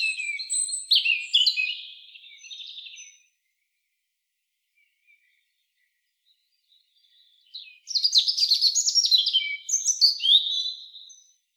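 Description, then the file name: European robin delivering two separate phrases of high, tinkling notes and quick trills with a silent stretch between them. "Erithacus rubecula"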